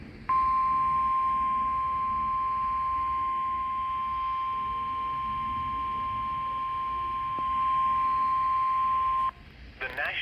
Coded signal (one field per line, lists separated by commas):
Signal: Emergency Alert System (SAME) tones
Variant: 1050 Hz attention tone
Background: speech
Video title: Severe Weather Before KIH54 Went Off The Air For Awips Upgrades (EAS Alerts From May 2025)